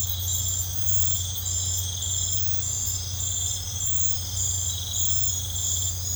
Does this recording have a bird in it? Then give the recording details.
no. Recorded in pastures near Puerto Asís, Putumayo, Colombia, on 15 December 2024 at 03:30. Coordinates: 0.502, -76.324. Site G077